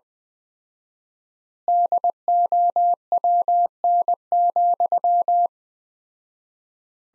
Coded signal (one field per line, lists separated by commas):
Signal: Morse code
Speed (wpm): 21 wpm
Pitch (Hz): 700 Hz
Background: none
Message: DOWN,